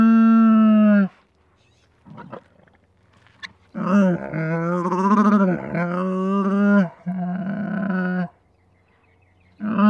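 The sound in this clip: Camel roaring: several drawn-out, harmonic bawls separated by quiet gaps and soft grunts, the middle calls wavering and rough, then a final bawl starting at the end.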